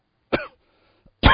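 Two short, sharp coughs about a second apart from an adult man, the second cut off at the end, in a quiet room. They are dry, abrupt bursts. He coughs often because his allergy has been very bad recently, and at times the coughing cannot be controlled.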